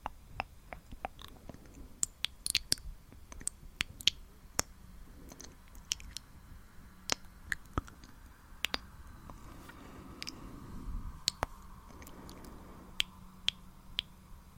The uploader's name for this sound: ASMR mouth sounds breathy mouth sounds